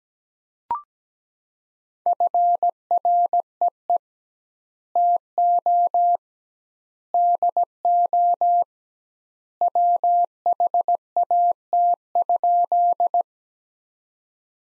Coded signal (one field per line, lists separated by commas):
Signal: Morse code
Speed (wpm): 17 wpm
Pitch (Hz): 700 Hz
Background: none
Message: FREE TO DO WHAT?